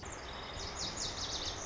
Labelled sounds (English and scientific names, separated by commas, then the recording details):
Lazuli Bunting (Passerina amoena)
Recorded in Sonoma County, California